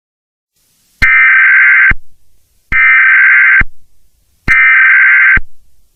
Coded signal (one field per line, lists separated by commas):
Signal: Emergency Alert System (SAME) tones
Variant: header bursts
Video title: EAS Mock: Rage Virus Breaching to Guam